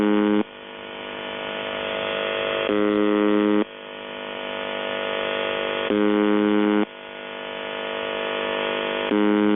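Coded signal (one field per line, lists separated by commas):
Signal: channel marker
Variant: UVB-76 (The Buzzer)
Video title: Russian radio making weird noises since 1976 #mysterious #radio #uvb76 #haunted #secret #scarycore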